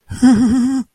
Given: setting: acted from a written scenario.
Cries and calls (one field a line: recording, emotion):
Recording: vocal sound without words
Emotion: distress